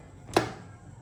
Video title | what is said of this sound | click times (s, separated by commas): Priya Made The World’s Best JUMBO Pazham Pori - ഒരു പഴം പൊരി കഥ ❤️🤤 | ഇത് സേഫ്റ്റി ഫീച്ചർ ഉണ്ട്. ഇത് ഫുൾ ലോക്ക് ആയാലേ ഇതുപോലെ ഒരു ക്ലിക്ക് സൗണ്ട് വരും. | 0.4 s